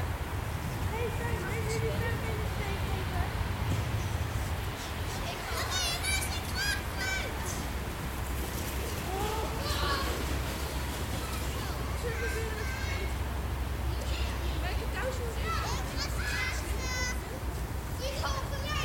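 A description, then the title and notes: Children play outdoors in the snow, their voices and shouts rising and falling throughout. A steady low rumble sits underneath, with scattered bright calls and squeals around six, ten and fifteen seconds, and chatter that never fully stops. Kids playing in the snow Van Stolkpark, Den Haag. Kids playing in the snow, mainly sledding.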